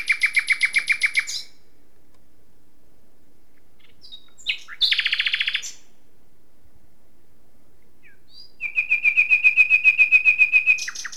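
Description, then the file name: Common nightingale song: rapid repeated clicking trills, a harsh buzzy burst, then a long, steady series of fast, evenly repeated notes on one pitch. "Luscinia megarhynchos"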